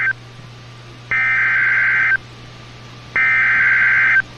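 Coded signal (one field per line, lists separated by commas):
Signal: Emergency Alert System (SAME) tones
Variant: header bursts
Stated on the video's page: Real EAS alerts received by DXing distant stations.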